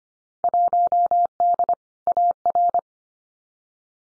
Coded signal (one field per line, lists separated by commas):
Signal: Morse code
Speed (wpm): 25 wpm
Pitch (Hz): 700 Hz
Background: none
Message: 1D AR